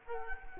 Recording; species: mosquito wingbeat signal from an infrared sensor; Culex quinquefasciatus